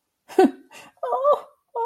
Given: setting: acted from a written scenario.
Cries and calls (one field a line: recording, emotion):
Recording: vocal sound without words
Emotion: distress